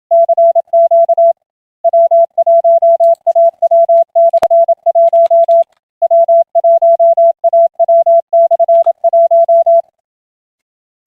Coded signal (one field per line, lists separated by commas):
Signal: Morse code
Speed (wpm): 27 wpm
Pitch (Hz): 670 Hz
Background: none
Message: CQ W1AW/1 W1AW/1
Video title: Weekly RTTY and Stuff. 08-14-2026